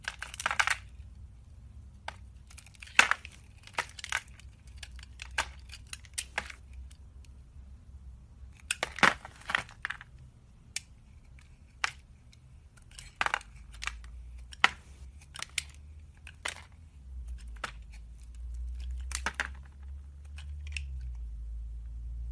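Soap carving: irregular sharp scraping and crisp cutting clicks, clustered around three and nine seconds, over a steady low rumble that rises near the end.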